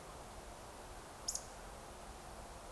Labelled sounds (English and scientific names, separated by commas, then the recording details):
Eurasian Woodcock (Scolopax rusticola) whistle
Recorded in Baden-Württemberg, Germany, on 29 June 2020 at 02:34 UTC
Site 43791, 788 m above sea level